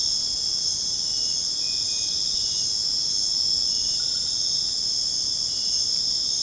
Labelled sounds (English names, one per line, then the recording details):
none
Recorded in dense forest near Puerto Asís, Putumayo, Colombia, on 23 June 2025 at 21:00
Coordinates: 0.486, -76.317
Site G065